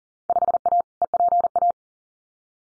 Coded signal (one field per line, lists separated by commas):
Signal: Morse code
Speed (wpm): 41 wpm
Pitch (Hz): 700 Hz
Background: none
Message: 5A EPA